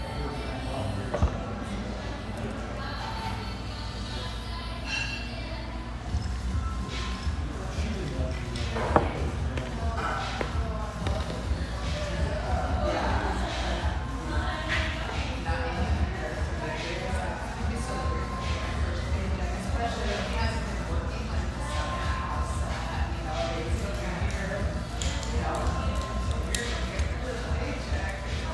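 Lively tea room chatter runs steadily throughout, many voices overlapping with a low hum beneath and scattered clinks and knocks, one sharp around nine seconds.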